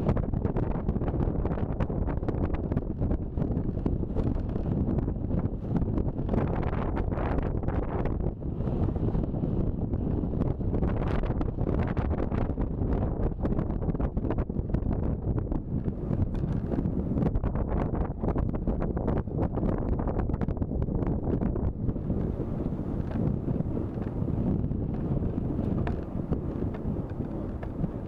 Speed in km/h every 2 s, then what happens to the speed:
30, 31, 32, 33, 34, 34, 34, 34, 33, 32, 32, 31, 29, 27.
0-14 steady at about 33. 14-28 slows to 27.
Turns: none.